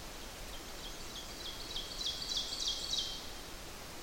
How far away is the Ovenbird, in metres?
about 40 m